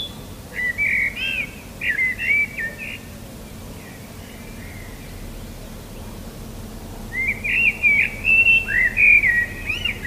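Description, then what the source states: Common blackbird singing two rich, fluting warbled phrases, one early and one late, separated by several seconds of quiet with faint low rumble. Recorded 21 March 2013.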